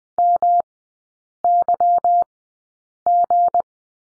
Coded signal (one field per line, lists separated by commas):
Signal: Morse code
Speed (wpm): 20 wpm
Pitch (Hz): 700 Hz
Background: none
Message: MYG